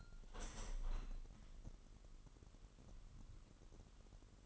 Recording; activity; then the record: daily activity, microphone in the room; open window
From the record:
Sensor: 4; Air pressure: 998.7 hPa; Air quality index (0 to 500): 117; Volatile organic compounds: 2 ppm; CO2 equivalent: 1150 ppm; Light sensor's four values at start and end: 9/23/9/10 and 9/23/9/10